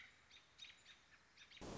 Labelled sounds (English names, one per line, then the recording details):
American Robin
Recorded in Sonoma County, California